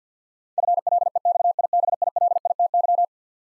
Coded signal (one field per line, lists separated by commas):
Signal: Morse code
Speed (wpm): 50 wpm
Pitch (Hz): 700 Hz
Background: none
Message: FLEXIBILITY